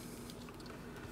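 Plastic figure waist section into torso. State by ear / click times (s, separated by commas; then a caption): not seated / none. A plastic Transformers Cyberverse Deluxe Optimus Prime action figure is handled mid-transformation as its waist section is pushed toward the torso, with steady hissing handling noise and two faint brief ticks near 0.3 and 0.5 seconds. The waist part has not yet snapped into place; nothing has seated or clicked by the end of the clip.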